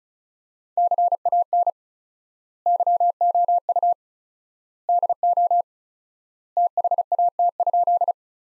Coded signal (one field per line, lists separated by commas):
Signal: Morse code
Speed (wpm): 36 wpm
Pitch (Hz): 700 Hz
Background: none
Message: CAN YOU DO THAT?